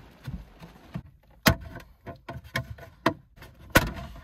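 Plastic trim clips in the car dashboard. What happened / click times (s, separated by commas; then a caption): Plastic trim clips popped out / 1.5 s, 3.1 s, 3.8 s. Plastic trim clips holding the dash trim around the radio of a 2009-2017 Ford Fiesta are pried off during removal. Loud sharp pops are heard at 1.5, 3.1 and 3.8 seconds as the clips release, with quieter clicks and rattles between them. The trim comes free.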